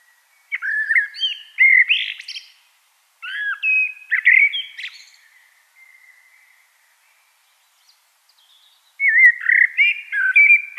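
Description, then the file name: Common blackbird delivering three separate warbled phrases of mellow whistles mixed with high twittering squeaks, with pauses between them and faint soft notes after the second. "Turdus merula"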